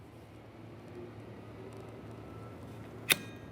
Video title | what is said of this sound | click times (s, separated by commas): How to Replace Wiper Blades 2012-2018 Nissan Altima | Listen for a click, give it a tug to make sure it's completely secured, and gently rest it against your windshield. | 3.1 s